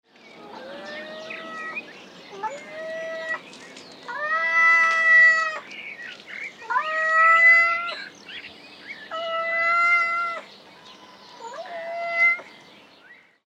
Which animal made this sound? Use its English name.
Wildcat